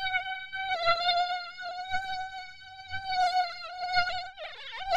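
Mosquito buzz, a steady high whine rich in overtones that holds its pitch, then wavers and breaks up near the end, with faint low knocking beneath.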